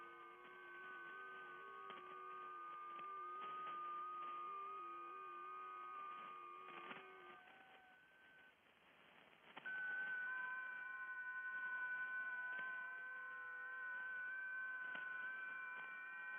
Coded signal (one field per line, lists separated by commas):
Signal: FT8